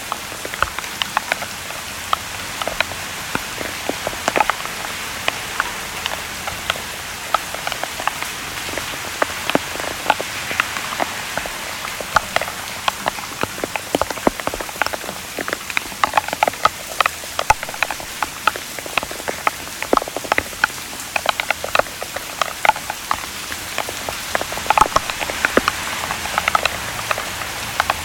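Raindrops patter densely and steadily on a surface, with frequent sharp, bright ticks scattered across the whole stretch and no letup. Beneath them a soft, hazy wash swells and fades slowly, like traffic rolling by, while the overall loudness stays fairly even.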